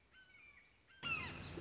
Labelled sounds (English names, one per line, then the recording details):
Red-shouldered Hawk
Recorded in Sonoma County, California